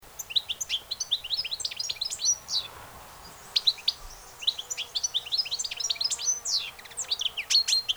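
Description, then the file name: European goldfinch twittering calls, rapid liquid chirps and tinkling notes in bursts, pausing briefly near three seconds before resuming more densely. "Carduelis carduelis"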